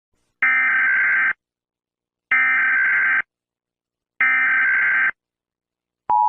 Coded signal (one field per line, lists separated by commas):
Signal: Emergency Alert System (SAME) tones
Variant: header bursts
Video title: EF-7 tornado | eas scenario ￼